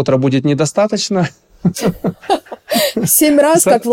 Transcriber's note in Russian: Смеются